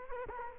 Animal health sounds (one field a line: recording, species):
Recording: mosquito wingbeat signal from an infrared sensor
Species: Culex quinquefasciatus